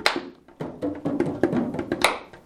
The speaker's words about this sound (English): When you are playing it soft, your claps will also be soft.